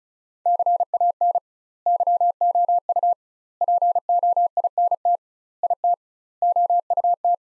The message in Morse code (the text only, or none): CAN YOU POINT IT OUT